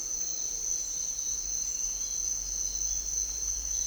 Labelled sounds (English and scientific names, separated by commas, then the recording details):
none
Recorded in dense forest near Puerto Asís, Putumayo, Colombia, on 21 March 2025 at 06:30
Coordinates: 0.499, -76.324
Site GP03